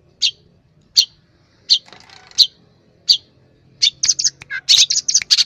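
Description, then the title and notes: Long-tailed shrike song: five spaced, high chipping notes, then a burst of rapid scratchy twittering and slurred whistles. Training recording for cage birds (masteran). "Cendet 07. Masteran Burung Cendet"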